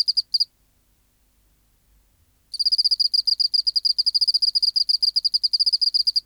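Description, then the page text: Oceanic field cricket song: two lone pulses, two seconds of silence, then a quick run of sharp, evenly pitched high chirps until the end. Specimen NHMUK BMNH(E) 010211120 recorded by W. J. Reynolds in the BMNH Acoustic Laboratory, 19 March 1984, 11:15, at 24 °C, 30% humidity, still air, dim light. "412:14 Teleogryllus oceanicus (514r2). BioAcoustica. Natural History Museum Sound Archive. Recording Location: BMNH Acoustic Laboratory Recorded by: W. J. Reynolds Date Recorded: Mandag, marts 19, 1984 Local time: 1115"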